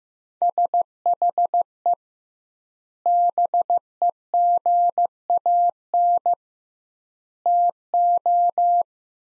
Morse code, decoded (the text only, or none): SHE BEGAN TO